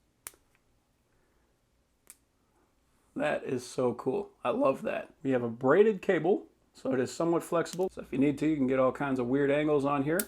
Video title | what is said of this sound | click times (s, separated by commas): CHAFON M3 4 in 1 USB Cable | just everything clicks into place | 0.3 s, 2.1 s